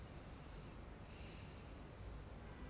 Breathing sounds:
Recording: one breath in and out by a microphone near the nose and mouth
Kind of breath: normal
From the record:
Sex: male

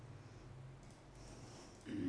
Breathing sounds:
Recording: one breath in and out by a microphone near the nose and mouth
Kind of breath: normal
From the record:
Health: marked as sick, illness not named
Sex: female

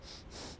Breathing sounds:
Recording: one breath in and out by a microphone near the nose and mouth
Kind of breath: strong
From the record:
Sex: male

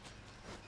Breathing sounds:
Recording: one breath in and out by a microphone near the nose and mouth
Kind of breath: strong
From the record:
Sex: male

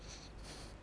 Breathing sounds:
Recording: one breath in and out by a microphone near the nose and mouth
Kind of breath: strong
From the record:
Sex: male

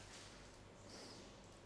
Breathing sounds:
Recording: one breath in and out by a microphone near the nose and mouth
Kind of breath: normal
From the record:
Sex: male

